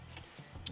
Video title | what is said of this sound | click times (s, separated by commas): Yamaha G29 5KW Install. | go till it snaps | 0.7 s